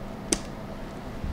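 A second DDR4 memory stick is pressed into its motherboard DIMM slot, giving a single sharp latch click at 0.3 s. The stick is seated, making two sticks installed.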